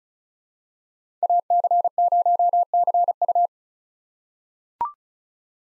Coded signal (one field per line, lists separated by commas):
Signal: Morse code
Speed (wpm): 36 wpm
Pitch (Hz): 700 Hz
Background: none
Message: AC0CU